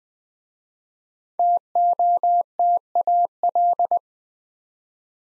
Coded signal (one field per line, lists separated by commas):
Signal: Morse code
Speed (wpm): 20 wpm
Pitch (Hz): 700 Hz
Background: none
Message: TOTAL